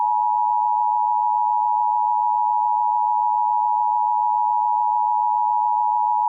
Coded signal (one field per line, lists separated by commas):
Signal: Emergency Alert System (SAME) tones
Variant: 853 and 960 Hz attention tone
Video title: EAS Scenario: Clone VPN Part 2